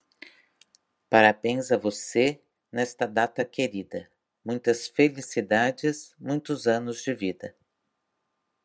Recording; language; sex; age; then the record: short text; Brazilian Portuguese; female; 50 to 59 years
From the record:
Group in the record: control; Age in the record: 52 years